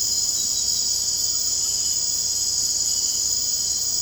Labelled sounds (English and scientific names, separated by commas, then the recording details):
none
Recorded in secondary vegetation near Puerto Asís, Putumayo, Colombia, on 19 February 2024 at 01:30
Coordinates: 0.489, -76.322
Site G6419